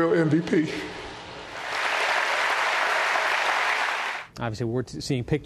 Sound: applause